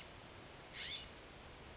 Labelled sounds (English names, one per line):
California Scrub-Jay